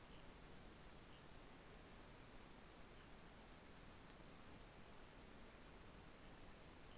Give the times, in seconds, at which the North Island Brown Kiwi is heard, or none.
none